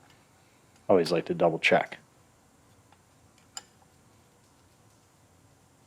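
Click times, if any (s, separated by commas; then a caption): 3.6 s. Someone talks at the start while re-checking a suspension bolt on a rolled-over RCSB Silverado with a torque wrench. The wrench gives one sharp click at 3.6 s, confirming the bolt is at its torque setting.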